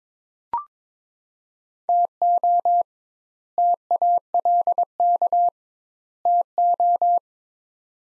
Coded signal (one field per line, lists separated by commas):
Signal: Morse code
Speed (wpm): 22 wpm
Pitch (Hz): 700 Hz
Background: none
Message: TO TALK TO